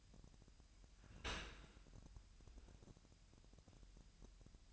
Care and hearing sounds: daily activity, microphone in the room; open dishwasher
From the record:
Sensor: 2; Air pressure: 998.1 hPa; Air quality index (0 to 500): 148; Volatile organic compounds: 4 ppm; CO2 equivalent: 1679 ppm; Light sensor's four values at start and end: 10/29/12/11 and 10/29/12/11

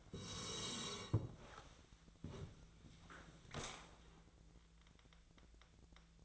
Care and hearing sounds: daily activity, microphone in the room; sit down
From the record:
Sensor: 3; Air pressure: 1000.4 hPa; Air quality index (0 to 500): 168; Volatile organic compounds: 3 ppm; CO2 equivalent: 1464 ppm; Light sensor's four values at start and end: 15/34/14/15 and 15/35/15/15

